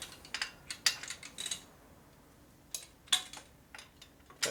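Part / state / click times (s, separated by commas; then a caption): click-type torque wrench on a motorcycle engine bolt / not seated / none. A click-type torque wrench tightens a bolt on a 1988 Harley FXR motorcycle engine. Scattered sharp metallic ratcheting ticks and clanks are heard, with the strongest transients near 0.9, 3.1 and 4.4 seconds. The wrench has not clicked yet.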